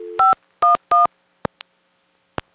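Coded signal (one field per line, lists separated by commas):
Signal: DTMF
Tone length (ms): 150 ms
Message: 511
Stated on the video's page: Audio recorded on site at central office controlled pay phones, somewhat broken, of a small independent telephone company.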